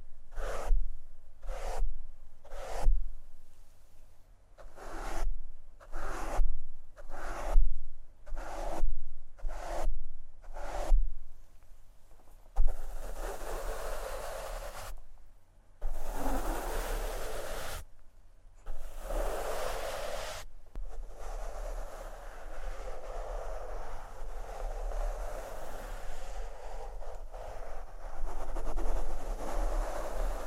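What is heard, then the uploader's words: Microphone scratching and brushing, starting as a rapid series of short rasping strokes about once a second for the first eleven seconds. After that the rubbing turns into longer, denser scraping with a few sharp breaks, settling into a steady bright hiss with a low hum underneath. ASMR Microphone Scratching and Brushing (No Talking).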